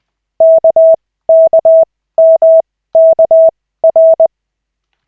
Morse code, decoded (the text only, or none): KKMKR